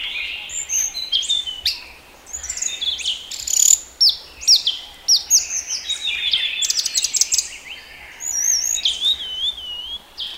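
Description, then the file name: Blue-throated flycatcher song: busy high twittering phrases with sharp rising notes, quick trills and thin wavering whistles, nearly continuous throughout. "sikatan blue throated omkicau"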